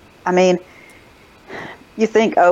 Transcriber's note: sigh